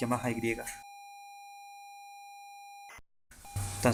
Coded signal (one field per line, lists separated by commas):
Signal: ZX Spectrum tape loading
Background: speech